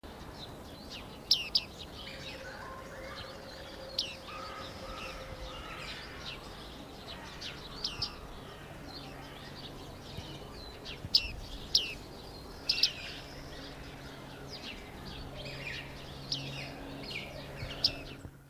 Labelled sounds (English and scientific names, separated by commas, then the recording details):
Bearded Reedling (Panurus biarmicus) call
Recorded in captivity
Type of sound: call
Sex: pair
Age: adult
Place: Zoo Berlin, Berlin, DE
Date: 1998-03-21 11:17
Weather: fair, ca. 0°C
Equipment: Nagra SN, Kopie Uher 4000 Report Monitor
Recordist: Tembrock, Günter
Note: Paar